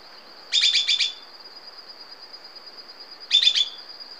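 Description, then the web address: Immaculate antbird giving quick stuttered notes, a burst of four then a burst of three, over a thin constant high tone. Ecuador. "Natures Songs S America Birds of Ecuador Immaculate Antbird"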